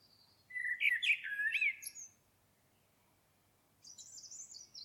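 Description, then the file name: Common blackbird pouring out a rich, fluty warbled phrase, a pause, then a thin high squeaky twitter. "Turdus merula"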